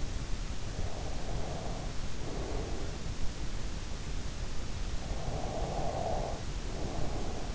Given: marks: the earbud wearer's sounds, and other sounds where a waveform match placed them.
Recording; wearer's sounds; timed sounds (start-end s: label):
sounds in sleep by an in-ear microphone; breath
0.25-2.83 s: breath
4.86-7.55 s: breath